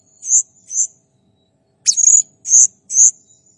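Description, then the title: Blue-crowned hanging parrot giving five shrill, high-pitched notes: two short chirps, a pause, then a buzzy burst and two longer squeaky notes. Masteran tutor recording of a serindit in full, active song ('gacor'), described as clear. "Masteran Burung Serindit Ll Masteran Serindit Gacor Jernih"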